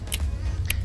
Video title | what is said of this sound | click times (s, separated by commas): Subaru Headliner Removal, Grab Handle, Sunvisor - Dent Baron Raleigh, NC | got to make sure it clicks and that little thing T that yep see that little tab | 0.1 s, 0.7 s